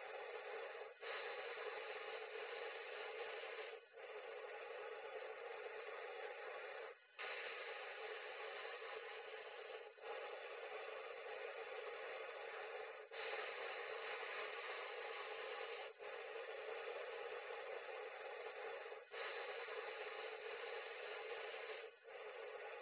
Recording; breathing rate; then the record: paced breathing near a phone; 10 breaths a minute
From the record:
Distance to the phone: 20 cm